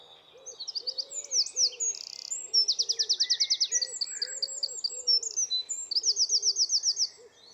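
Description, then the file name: Eurasian wren singing loud, high, rapid trills and chattering phrases almost throughout, while another bird gives soft, low, repeated cooing notes underneath. "Troglodytes troglodytes"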